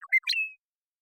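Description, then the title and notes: Western meadowlark uttering a quick, jumbled cluster of notes that finishes with a brief, high whistle. Song, contact calls and flush; Pacific Northwest, Washington, United States. "Western Meadowlark, Sturnella neglecta, song, contact calls, and flush, family: Troupials and Allies Pacific Northwest in Washington, United States"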